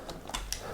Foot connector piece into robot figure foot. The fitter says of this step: all right locks in place just like that